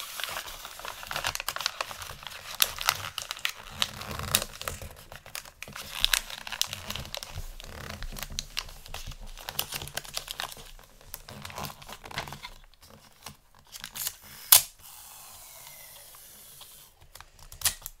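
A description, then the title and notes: Gift wrapping paper crinkles and rustles in dense, busy bursts for the first twelve seconds, with quick crackling handling throughout. After that the sound thins into sparser rustles and pauses, broken by a sharp bright snap near fourteen seconds and another near the end. Xmas Gift Wrapping Intense Crinkle, Tape, Scissors Sounds.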